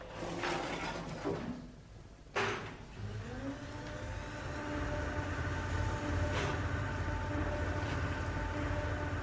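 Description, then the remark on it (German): A low, steady mechanical rumble of an elevator running, with a sharp clunk early on and a rising motor tone, plus faint rattles and brief bursts of noise over the continuous drone. “Wenn Sie den Lift hier benutzen wollen, drücken Sie nur bitte auf den Knopf hier.”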